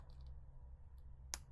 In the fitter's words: I got it. Did you hear the click?